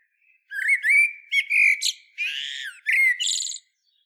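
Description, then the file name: Common blackbird song: a flowing phrase of rich, fluted whistles mixed with harsher, buzzy squeaks, all running together for about three seconds. "Turdus merula"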